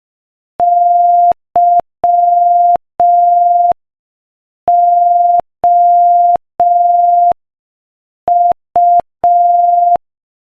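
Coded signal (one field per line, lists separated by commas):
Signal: Morse code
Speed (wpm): 5 wpm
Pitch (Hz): 700 Hz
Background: none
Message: YOU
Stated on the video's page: Morse code practice at 5 wpm, sending a joke.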